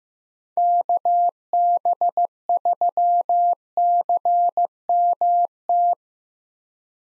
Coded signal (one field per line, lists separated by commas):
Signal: Morse code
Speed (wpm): 15 wpm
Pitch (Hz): 700 Hz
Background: none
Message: KB3CMT